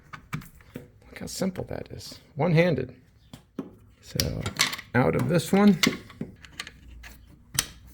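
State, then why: Seated. A battery interconnect cable plug is pushed into the socket of the next stacked battery module while someone talks. Several small knocks and clicks are heard, and a sharp snap at 7.6 s marks the plug seating into place.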